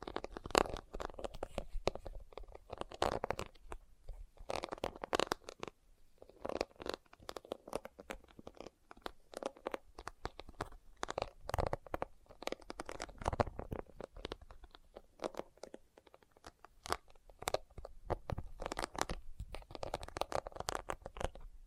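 Leather being tapped and scratched, with dense, irregular clusters of sharp taps and rubbing scrapes throughout. Busier bursts come around 3, 7, 12–13 and 17–19 seconds, separated by quieter stretches of softer scratching. The sound is dry and crackly, with some dull low thumps.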